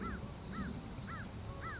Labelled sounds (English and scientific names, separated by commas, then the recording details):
American Crow (Corvus brachyrhynchos)
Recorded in Sonoma County, California